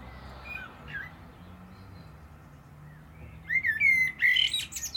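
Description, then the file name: Common blackbird giving a soft, faint warble, then a louder phrase of clear whistles that ends in rapid high squeaky twittering. "Turdus merula"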